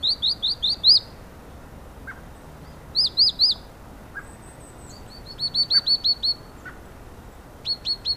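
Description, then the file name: Great tit calls: rapid series of high, upswept notes, repeated in several bursts, with faint lower chips between them. "Parus major"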